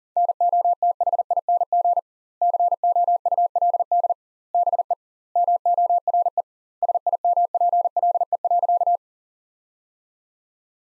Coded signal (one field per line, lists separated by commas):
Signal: Morse code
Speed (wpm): 40 wpm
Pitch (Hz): 700 Hz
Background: none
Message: NOTHING COULD BE MORE SIMPLE.